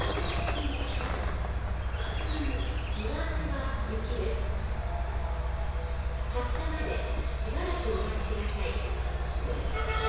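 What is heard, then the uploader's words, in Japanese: A ride on the Joban Line train from Sendai toward Hamayoshida, with a deep, steady rumble running underneath the whole time. Voices talk on and off over it, rising more clearly toward the middle and end, while the overall loudness stays even throughout. 鉄道旅 常磐線 仙台→浜吉田。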